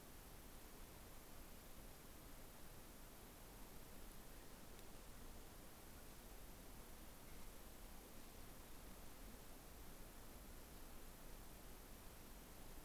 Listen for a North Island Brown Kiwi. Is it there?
no